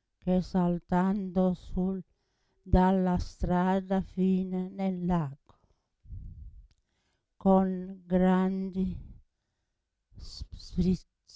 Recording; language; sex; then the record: read passage; Italian; female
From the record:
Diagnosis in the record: Parkinson's disease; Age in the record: 80 years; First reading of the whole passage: 169 s, 3.1 characters per second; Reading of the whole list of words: 101 s, 2.8 characters per second